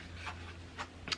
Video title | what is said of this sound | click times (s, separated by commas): Springfield Armory M1A from Pyramyd Air | and then you're going to push your stock back up make sure it clicks and then | 1.1 s